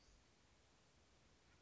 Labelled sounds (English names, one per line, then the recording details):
Western Flycatcher
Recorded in Sonoma County, California